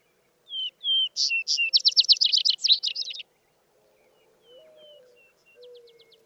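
Vesper sparrow song opening with two sweet whistled notes and breaking into a quick, jumbled, buzzy trill; faint bird notes follow.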